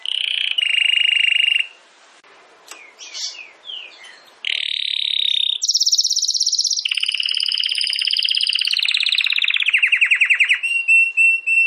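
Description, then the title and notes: Domestic canary song: a low buzzy trill, a quiet spell with a few soft sweeping notes, then loud trills at changing pitches. Belgian canary singing, Campainha song style. "Canário Belga Campainha Canary Singing. Canario Belga Cantando"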